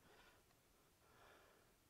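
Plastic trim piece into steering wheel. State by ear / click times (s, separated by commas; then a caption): not seated / none. A second plastic trim piece is handled against the leather-wrapped steering wheel of a 2005-2009 Ford Mustang during restoration of the existing leather wrap, as it is pushed toward its snap-in position. Only soft, breathy rustling swells are heard, around 0.0–0.3 s and again around 1.1–1.5 s. Nothing has seated or clicked yet.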